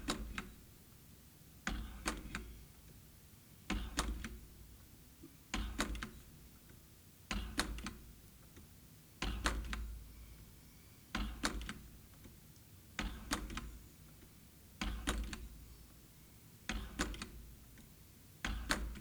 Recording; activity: daily activity, guitar pickup as the sensor; manipulate door